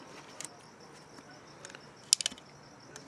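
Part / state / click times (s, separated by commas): magazine butt plate onto pistol magazine body / not seated / none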